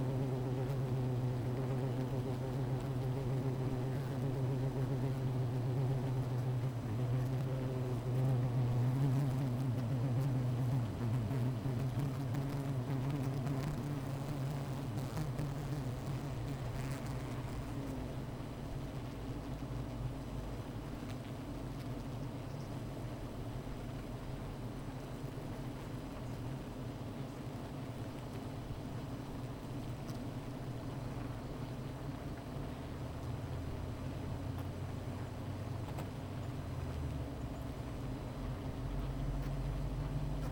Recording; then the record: honeybee colony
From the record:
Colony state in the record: missing queen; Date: 14 July 2017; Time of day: 15:06